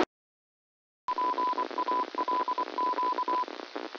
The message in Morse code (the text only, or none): PALQ